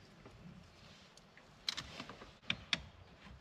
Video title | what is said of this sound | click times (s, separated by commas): DUMP VALVE / CARBONE / KIT AÉRO RS7 | Et voilà. Tout simplement c'est clipsé. | 2.5 s, 2.7 s